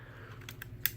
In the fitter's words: hear a nice soft like two clicks on each side and there he is